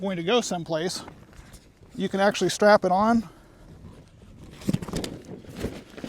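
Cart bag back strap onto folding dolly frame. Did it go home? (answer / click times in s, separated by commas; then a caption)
no / none. Someone talks while handling a KEDSUM 2-in-1 foldable shopping cart, bringing the back strap of its cart bag onto the metal folding dolly frame to fasten it. After the talking, quieter rustling and a few short sharp knocks follow near the end. The strap has not latched or clicked into place yet.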